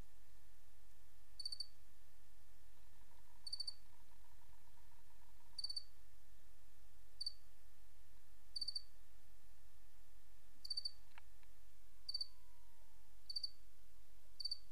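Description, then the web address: Cricket giving brief, high, clipped chirps repeated every one to two seconds over a quiet background with faint tonal hum. "Sabda Alam Crickets"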